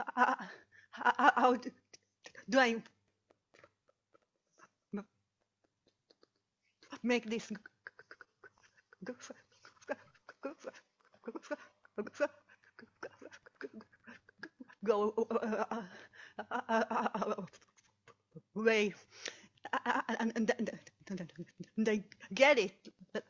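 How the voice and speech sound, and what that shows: An adult woman who stutters speaks with heavily fragmented speech: long silent blocks between words, stretched sounds and a repeated 'g' onset.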